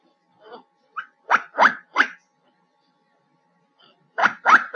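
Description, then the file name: Black giant squirrel utters a few harsh chirping barks, then a pause and another quick run of three. "Tieng soc den keu"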